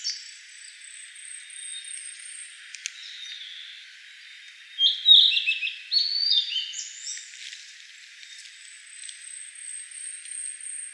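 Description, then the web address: Blue-and-white flycatcher singing a short burst of warbled, whistled notes midway through, with a thin steady high tone heard at the start and end. Recorded 26 May 2013. "birdenaga ooruri"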